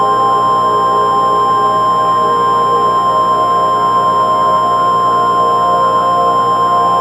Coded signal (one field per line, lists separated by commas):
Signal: Emergency Alert System (SAME) tones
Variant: 1050 Hz attention tone